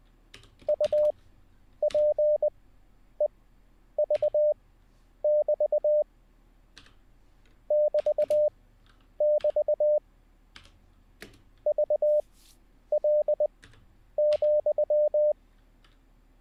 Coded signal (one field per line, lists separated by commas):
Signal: Morse code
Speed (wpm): 20 wpm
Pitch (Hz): 600 Hz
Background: none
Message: UPEV<BT> <BT><BT> VL,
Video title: How To Learn Morse Code LIVE with N0SSC (Day 10)